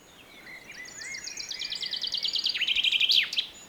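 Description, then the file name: Common chaffinch song: a run of high, bright repeated notes stepping lower in pitch, ending in an emphatic flourish, over soft background hiss. "Fringilla coelebs"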